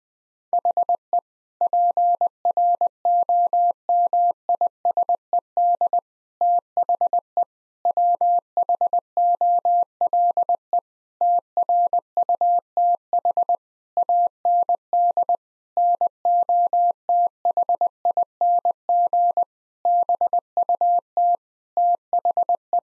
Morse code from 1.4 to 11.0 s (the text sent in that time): PROMISED THE WHOLE